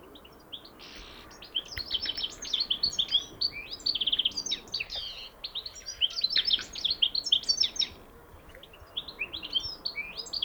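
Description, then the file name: European goldfinch giving lively twittering calls, clusters of high tinkling and buzzy notes that come in waves with short gaps between bursts. "Carduelis carduelis"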